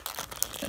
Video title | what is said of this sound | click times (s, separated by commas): Wind Up Pirate Ship - Usborne Books & More | in here there's a little case that goes on top snaps into place and | 0.4 s